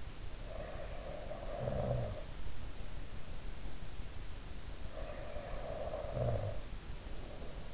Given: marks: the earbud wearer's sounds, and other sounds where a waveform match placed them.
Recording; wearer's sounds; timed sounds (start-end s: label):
sounds in sleep by an in-ear microphone; snoring breath
0.32-2.55 s: snoring breath
4.77-7.74 s: snoring breath